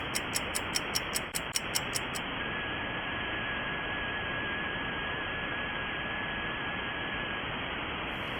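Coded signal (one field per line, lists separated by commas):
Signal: FT4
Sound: regular clicks, then a thin steady warbling tone for about four seconds over hiss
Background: radio static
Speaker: That's my signal on the waterfall, and look at this. Have you ever seen yourself in the left-hand pane before? That's me receiving my own signal in full duplex.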